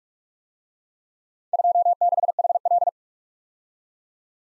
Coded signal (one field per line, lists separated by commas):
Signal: Morse code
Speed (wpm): 43 wpm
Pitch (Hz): 700 Hz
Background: none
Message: 26HL